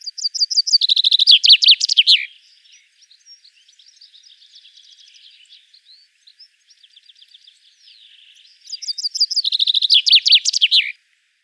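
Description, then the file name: Common chaffinch singing two phrases, each a rapid descending trill ending in a sharp flourish, separated by several seconds of soft, thin twittering. "Fringilla coelebs"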